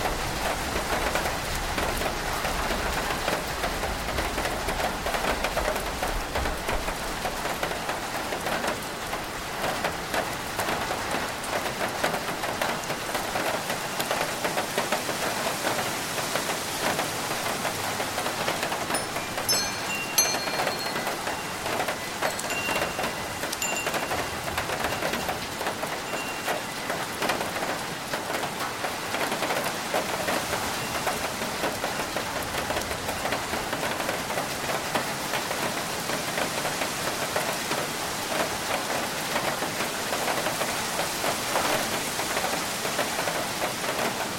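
Rain patters steadily on a tin roof, a dense, even hiss of drops that holds at the same level throughout. A low rumble underlies the opening seconds, fading by about eight seconds, and faint high ringing tones come through around twenty seconds.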